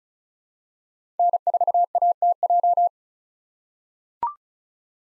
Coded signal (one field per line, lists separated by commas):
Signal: Morse code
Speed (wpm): 34 wpm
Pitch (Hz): 700 Hz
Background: none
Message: N4ATJ